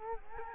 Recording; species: mosquito wingbeat signal from an infrared sensor; Culex quinquefasciatus